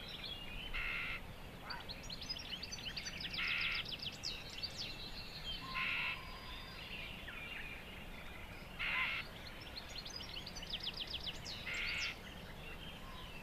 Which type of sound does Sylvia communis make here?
call